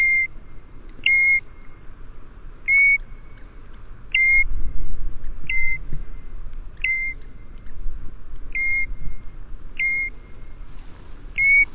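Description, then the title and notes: European golden plover calling with mournful single-note whistles at an even pitch, spaced about one to two seconds apart, with steady low background noise. "Heilo by forskningno"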